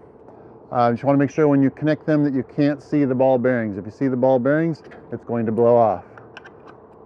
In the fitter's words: so you push it till it clicks so pretty simple